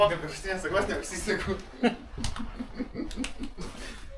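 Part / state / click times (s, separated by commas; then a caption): buckle on rider's motorcycle gear / seated / 3.2 s. Someone talks and laughs while struggling to fasten a buckle on a rider's motorcycle gear. Short snaps follow, and the buckle clicks shut at 3.2 seconds, seated.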